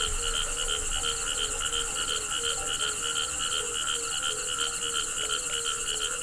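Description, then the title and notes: Frogs calling: a steady run of short low notes, several each second, with higher pulsed croaks layered above and a constant high insect trill behind. Frogs calling together with crickets at a pond on the Hajnice stream near Ústí, Czechia. "Ústí, Czechia - žáby a cvrčci Hajnice. žáby a cvrčci u hodní tůně na potoce Hajnice"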